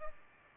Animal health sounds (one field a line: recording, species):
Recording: mosquito wingbeat signal from an infrared sensor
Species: Aedes albopictus